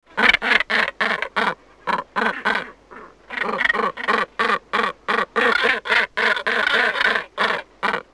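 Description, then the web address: Water bird calls: many harsh nasal quacks given in quick rhythmic runs, with a brief pause partway through. "BIRD WATR WATR"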